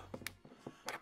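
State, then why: Seated. The rigid plastic inner shell of an Otterbox Defender Pro protective case is pressed around a Samsung Galaxy S24 Ultra smartphone, and its clips snap into place. Sharp, bright plastic snaps land at 0.3 s and 0.9 s among softer taps and handling knocks. The shell is seated around the phone.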